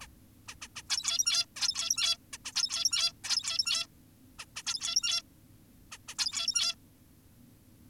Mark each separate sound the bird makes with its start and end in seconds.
0.02-0.08, 0.48-0.55, 0.62-0.68, 0.76-0.82, 0.90-1.46, 1.56-2.17, 2.33-2.38, 2.45-2.52, 2.56-3.13, 3.24-3.87, 4.39-4.45, 4.56-4.63, 4.66-5.22, 5.92-5.98, 6.08-6.15, 6.19-6.75